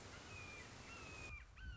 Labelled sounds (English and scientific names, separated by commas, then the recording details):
Red-shouldered Hawk (Buteo lineatus)
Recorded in Sonoma County, California